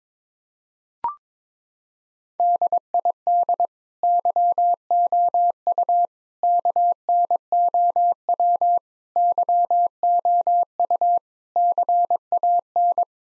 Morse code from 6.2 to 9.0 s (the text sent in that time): KNOW